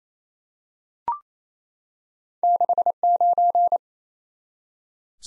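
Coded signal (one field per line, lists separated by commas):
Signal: Morse code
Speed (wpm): 28 wpm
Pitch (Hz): 700 Hz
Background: none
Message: 69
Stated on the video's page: Head-copy drill of random two-character letter and number combinations sent at 28 wpm.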